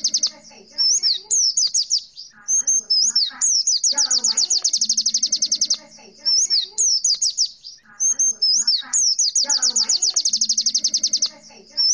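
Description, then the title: White-eye: shrill, fast-repeated chirps delivered in long bursts separated by jumbled warbling notes and short gaps, with a low droning background. "Pleci"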